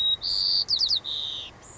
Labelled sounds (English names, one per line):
White-crowned Sparrow